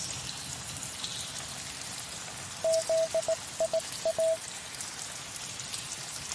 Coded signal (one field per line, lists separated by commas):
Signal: Morse code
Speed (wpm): 18 wpm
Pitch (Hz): 650 Hz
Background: none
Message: ZIA